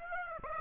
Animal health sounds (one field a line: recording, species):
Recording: mosquito wingbeat signal from an infrared sensor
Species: Aedes aegypti